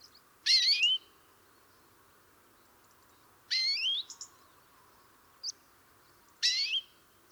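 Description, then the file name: European greenfinch calls: three harsh, high, curving notes repeated roughly every three seconds, with a few brief faint chirps in between over a steady hum. "Chloris chloris"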